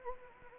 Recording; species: mosquito wingbeat signal from an infrared sensor; Anopheles gambiae